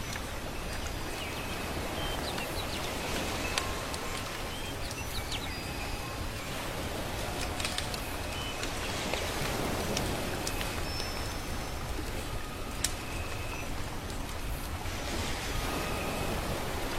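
Soft waves wash in a steady, dense hiss that barely changes level across the whole stretch. Firewood crackles in sharp clicks and pops scattered throughout, and thin bird chirps come now and then above the wash.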